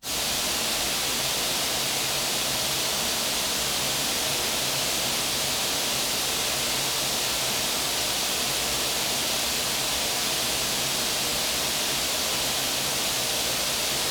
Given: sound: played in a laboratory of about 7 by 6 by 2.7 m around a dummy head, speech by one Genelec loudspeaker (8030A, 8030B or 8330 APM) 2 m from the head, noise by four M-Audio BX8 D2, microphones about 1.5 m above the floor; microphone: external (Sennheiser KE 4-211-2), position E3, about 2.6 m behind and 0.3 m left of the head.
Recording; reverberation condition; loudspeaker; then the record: white noise; high; four, about 170 cm from the corners of the room and facing them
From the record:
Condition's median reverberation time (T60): about 1300 ms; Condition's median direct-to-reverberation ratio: about -4.0 dB